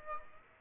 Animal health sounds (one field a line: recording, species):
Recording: mosquito wingbeat signal from an infrared sensor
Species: Aedes aegypti